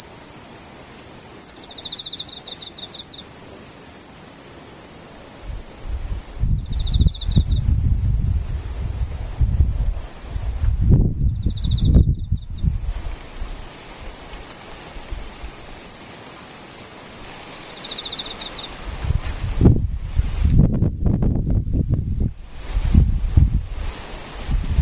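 A quiet scene with insects: a thin, steady high-pitched trill runs the whole way through, with brief softer chirp bursts near 2, 7, 11 and 18 seconds. Low rumbling swells rise and fade around 7, 11 and 20–22 seconds.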